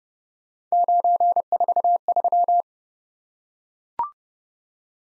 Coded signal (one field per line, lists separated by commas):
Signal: Morse code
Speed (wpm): 30 wpm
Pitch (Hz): 700 Hz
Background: none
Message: 943